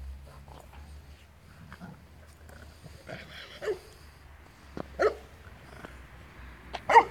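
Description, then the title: Dog barking: a few short, sharp barks, spaced irregularly. Dog named Jacko showing funny behaviour. "Jacko has his 5 minutes - funny dog behavior"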